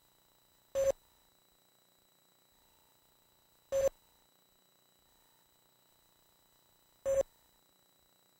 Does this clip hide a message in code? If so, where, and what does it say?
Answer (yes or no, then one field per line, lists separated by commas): no